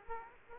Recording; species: mosquito wingbeat signal from an infrared sensor; Aedes aegypti